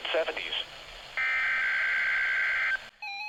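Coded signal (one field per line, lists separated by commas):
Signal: Emergency Alert System (SAME) tones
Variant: header bursts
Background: speech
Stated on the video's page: Noon Required Weekly Test tones broadcast on NOAA weather radio stations for Oklahoma City and Enid.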